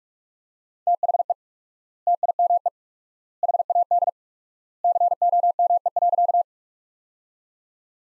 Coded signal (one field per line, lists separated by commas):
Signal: Morse code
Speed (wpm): 43 wpm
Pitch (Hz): 700 Hz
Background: none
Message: THE TIME HAD COME.